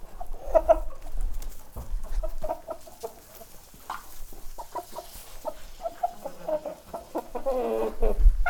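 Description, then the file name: Chickens clucking and squawking in short bursts, with low thumps and shuffling. Chickens walking around the microphone in a barn, squawking and clucking. "freesound chickens and ducks"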